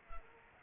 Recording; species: mosquito wingbeat signal from an infrared sensor; Culex pipiens